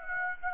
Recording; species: mosquito wingbeat signal from an infrared sensor; Aedes aegypti